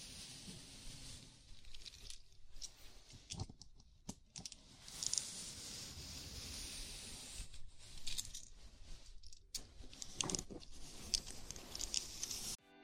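A scalp massage with fingers rubbing and scratching through hair, making a dense, bright rustling that keeps going for the whole recording. The scratching comes in uneven strokes, louder bursts around four, ten and twelve seconds, over a low, soft rumble.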